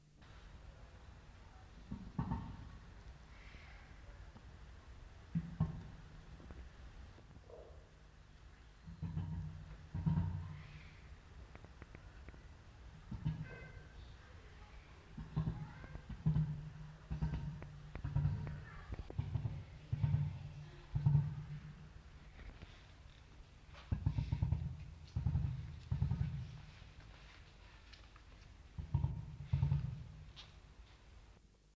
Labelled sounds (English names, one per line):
Emu call